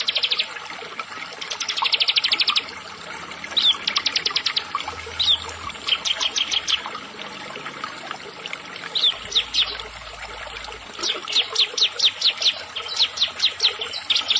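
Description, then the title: Prinia song: repeated bursts of rapid high clicking notes, then looser sequences of sharp descending ticks. "Ciblek Sawah"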